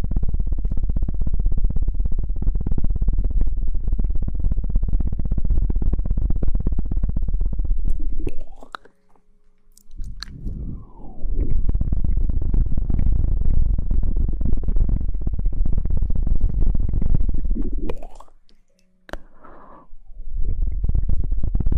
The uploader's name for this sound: Mouth Sounds